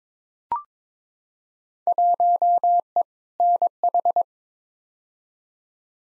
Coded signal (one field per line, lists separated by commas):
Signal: Morse code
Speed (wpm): 22 wpm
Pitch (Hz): 700 Hz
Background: none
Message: 1E NH